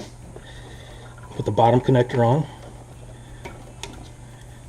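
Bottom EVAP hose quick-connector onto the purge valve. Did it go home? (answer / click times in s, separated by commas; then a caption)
yes / 3.8 s. Someone talks briefly while the bottom plastic quick-connect EVAP hose fitting is pushed onto a new purge valve on a Mustang. After a faint tick at 3.5 s, a short, sharp snap at 3.8 s marks the connector seating onto the valve.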